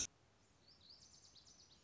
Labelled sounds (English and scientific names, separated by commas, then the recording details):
Lazuli Bunting (Passerina amoena)
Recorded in Sonoma County, California